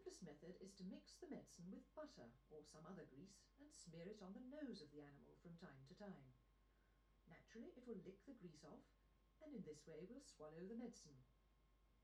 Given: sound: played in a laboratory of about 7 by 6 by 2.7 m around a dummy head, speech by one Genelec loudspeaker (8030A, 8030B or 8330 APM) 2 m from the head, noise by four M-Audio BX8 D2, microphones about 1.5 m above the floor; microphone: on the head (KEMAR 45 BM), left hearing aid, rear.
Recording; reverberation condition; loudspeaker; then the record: female speech in English; low; 90 degrees to the right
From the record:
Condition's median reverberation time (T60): about 310 ms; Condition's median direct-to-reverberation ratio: about 3.5 dB